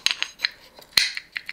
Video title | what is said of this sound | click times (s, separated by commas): What's in the box?! - A gift from a subscriber! | then it clicks into place then you have your fancy Dancy C clip | 1.0 s